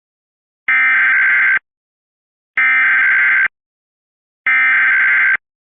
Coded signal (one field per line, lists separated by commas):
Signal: Emergency Alert System (SAME) tones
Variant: header bursts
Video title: All EAS Blue Alerts in WXRchive (DEADLY ALERTS!) EAS #83 - EAS #93